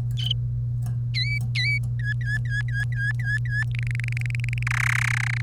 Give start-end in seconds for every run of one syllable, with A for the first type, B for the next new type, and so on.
1.14-1.78 A, 1.99-3.63 B, 3.75-4.63 C, 4.67-5.41 D